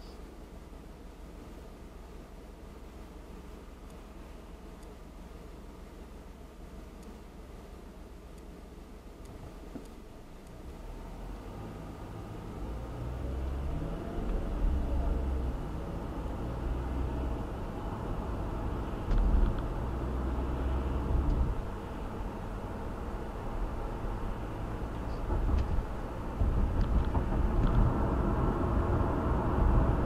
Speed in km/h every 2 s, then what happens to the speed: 0, 0, 0, 0, 0, 0, 0, 23, 32, 39, 44, 50, 55, 60, 64.
0-12 standing. 12-30 pulls away to 64.